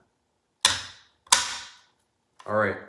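The steel top (dust) cover of an AK-47 rifle is pushed forward and down onto the receiver, and the rear retaining button snaps it into place with loud, sharp metallic clicks at 0.7 s and 1.3 s. Someone then talks briefly, and the cover is seated.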